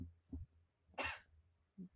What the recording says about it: I have a little cough. It's a little cough. I'm not sick, but I think just me talking as much as I just did was like, my throat was like, bitch, drink something.